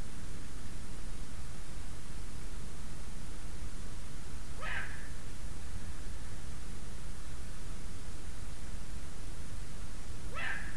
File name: puchacz zwyczajny Bubo bubo